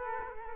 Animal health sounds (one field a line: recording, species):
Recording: mosquito wingbeat signal from an infrared sensor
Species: Culex quinquefasciatus